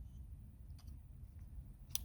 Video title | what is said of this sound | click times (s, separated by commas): Sig Sauer MCX Rattler BB rifle Overview and shooting test | You can hear that they click into place, | 2.0 s